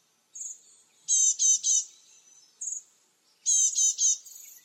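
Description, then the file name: Great tit calls: a thin high note followed by a harsh, buzzy chattering of three rapid notes, then the same high-note-and-chatter sequence repeated about two seconds later. "Parus major"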